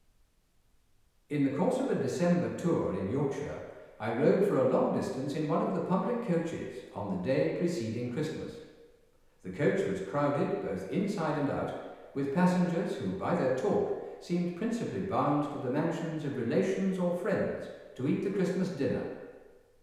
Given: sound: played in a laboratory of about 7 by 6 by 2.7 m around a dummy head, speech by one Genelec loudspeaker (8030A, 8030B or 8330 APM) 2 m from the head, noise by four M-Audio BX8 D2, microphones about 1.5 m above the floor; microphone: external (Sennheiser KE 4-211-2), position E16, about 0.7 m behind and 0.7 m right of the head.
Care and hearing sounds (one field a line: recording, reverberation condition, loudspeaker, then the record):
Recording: male speech in English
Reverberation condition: high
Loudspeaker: 150 degrees to the left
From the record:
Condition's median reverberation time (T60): about 1300 ms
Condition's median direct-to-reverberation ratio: about -4.0 dB